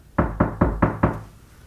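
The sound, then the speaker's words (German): Five firm, evenly spaced knocks on a door, each with a sharp attack and a low, resonant thud, followed by a brief fading silence. “Wenn es die Polizei ist, dann wird der unter uns, den wir suchen, der Einzige sein, der die Tür öffnen will.”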